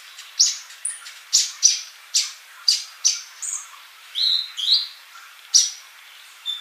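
Bird song of sharp, high chirped notes repeated about every half second, with a few longer slurred whistles near the middle.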